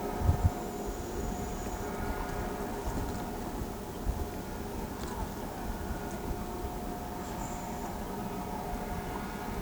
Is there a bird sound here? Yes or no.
no